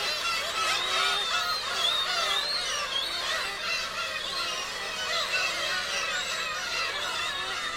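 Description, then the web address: Dense gull chorus of high, wavering mews and yelping cries, many birds calling at once without a break. Gull colony on an island at Hachinohe, Japan. "Foundation 1 AMBIENCE HACHINOHE SEAGULL ISLAND"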